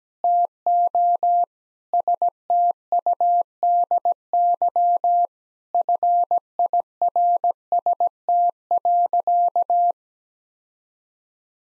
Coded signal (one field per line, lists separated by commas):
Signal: Morse code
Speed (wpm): 17 wpm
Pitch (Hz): 700 Hz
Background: none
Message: TO STUDY FIRST.